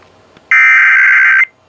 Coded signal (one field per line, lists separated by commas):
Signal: Emergency Alert System (SAME) tones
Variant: header bursts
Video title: Butte County FRWs (EAS #3127-3132)